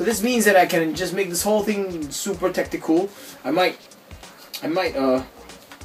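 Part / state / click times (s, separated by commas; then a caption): scope onto a toy blaster rail / not seated / none. A plastic toy scope is handled while being put back on the top rail of a knockoff M16 toy blaster. Someone talks throughout, and two faint short ticks come near the end at 5.7 and 5.8 seconds. Nothing has seated or clicked yet.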